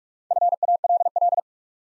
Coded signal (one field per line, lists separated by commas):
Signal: Morse code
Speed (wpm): 44 wpm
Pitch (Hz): 700 Hz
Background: none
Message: FALL